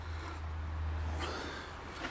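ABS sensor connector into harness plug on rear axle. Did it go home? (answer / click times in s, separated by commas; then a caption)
no / none. On the rear axle of a Vauxhall/Opel Astra, a plastic ABS sensor connector is pushed into its harness plug on a second attempt. A steady low hum runs under soft hiss, with faint rustling and handling noise around 1.2 and 2.0 seconds. Nothing has clicked or seated yet; the connector is still not in.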